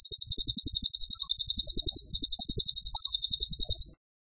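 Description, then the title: Bird song of rapid, high, ringing chirps repeated evenly, with a brief dip near the middle, lasting about four seconds. Masteran (training) recording of a bird singing actively (gacor) with tembakan phrases. "Masteran Burung Tembakan Gacor"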